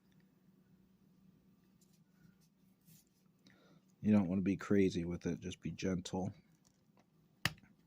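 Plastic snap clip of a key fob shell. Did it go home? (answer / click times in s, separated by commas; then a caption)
released / 7.5 s. Someone talks while gently prying apart the two plastic halves of a key fob shell. At 7.5 s one more plastic snap-fit clip pops open with a small, sharp snap, releasing that part of the case.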